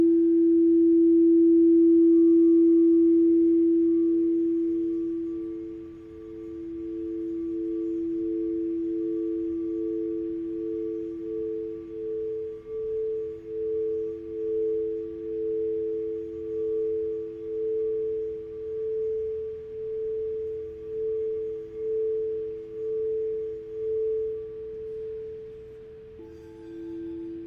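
A singing bowl rings with a pure, sustained tone, its pitch later joined by a slightly higher second tone. From about halfway, the sound pulses in a slow, steady wobble as the tones beat against each other, before fading near the end over a faint low hum.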